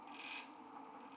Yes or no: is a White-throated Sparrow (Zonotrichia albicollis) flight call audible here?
no